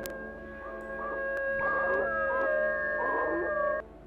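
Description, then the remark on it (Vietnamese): A dog howls in the distance at night at a crossroads with no houses around, long wavering cries rising and falling over a steady droning hum, with no voices, before the sound cuts off abruptly. “Bất ngờ từ đâu tiếng chó tru lên văng vẳng trong đêm.”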